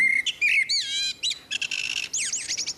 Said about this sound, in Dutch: Maar soms komt een merelman een concurrent tegen en dan verandert die zang. Laten we daar even naar gaan luisteren. Ja. Dit is nog 1 normale strofe.